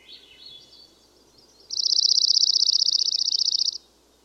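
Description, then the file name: Dark-eyed junco trill, a fast even run of high dry notes lasting about two seconds, preceded by faint softer twittering. "Dark eyed Junco Junco hyemalis"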